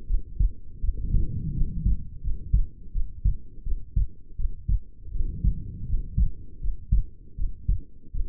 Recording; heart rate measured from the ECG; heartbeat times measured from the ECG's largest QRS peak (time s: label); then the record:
heart sounds by stethoscope; 82 bpm
0.06 s: heartbeat
0.80 s: heartbeat
1.53 s: heartbeat
2.21 s: heartbeat
2.92 s: heartbeat
3.63 s: heartbeat
4.36 s: heartbeat
5.11 s: heartbeat
5.86 s: heartbeat
6.60 s: heartbeat
7.35 s: heartbeat
8.11 s: heartbeat
From the record:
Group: healthy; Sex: female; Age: 22 years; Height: 160 cm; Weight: 45 kg